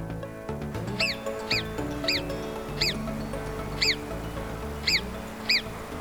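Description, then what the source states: Hoary marmot whistles: short, high, arched notes repeated about once a second over steady background music. High-pitched warning issued to alert other colony members to possible danger; nicknamed the Whistler for it.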